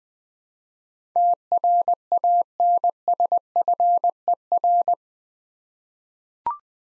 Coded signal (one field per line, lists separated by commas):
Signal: Morse code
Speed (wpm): 21 wpm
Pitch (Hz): 700 Hz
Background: none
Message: TRANSFER